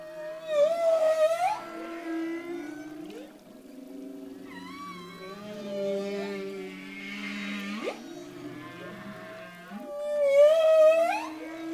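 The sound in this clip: Humpback whale song: overlapping moaning tones, some rising and swooping, with low groans and bright upsweeps near the start and end, layered with harmonics.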